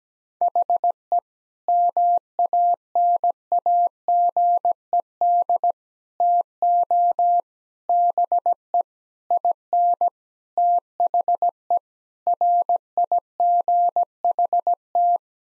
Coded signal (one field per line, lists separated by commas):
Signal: Morse code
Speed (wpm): 17 wpm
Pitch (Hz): 700 Hz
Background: none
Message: HE MANAGED TO BE IN THE RIGHT